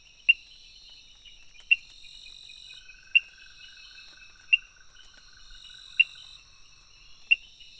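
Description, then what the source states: Frog giving short sharp clicks roughly every one and a half seconds, set against continuous shrill insect buzzing and a faint lower trill. Recorded 23 June 2018, between 18:00 and 20:00.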